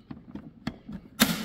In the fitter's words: shove it, you can hear it snap tight there.